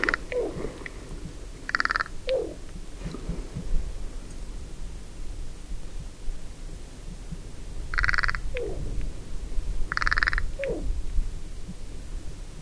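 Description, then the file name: Carrion crow cawing roughly, single rasping caws spaced irregularly, a faint one early and three stronger later, each followed by a brief lower slurred sound. "Corvus corone"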